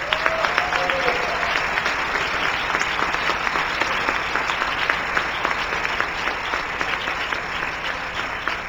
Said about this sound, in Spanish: Yo creo que se merecen un aplauso muy fuerte.